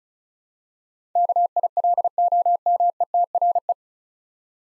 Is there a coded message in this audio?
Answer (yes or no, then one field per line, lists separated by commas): yes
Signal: Morse code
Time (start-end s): 1.2-3.7 s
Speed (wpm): 36 wpm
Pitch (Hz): 700 Hz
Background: none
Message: KILOMETRE